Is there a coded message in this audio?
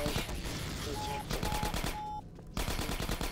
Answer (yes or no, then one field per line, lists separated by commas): no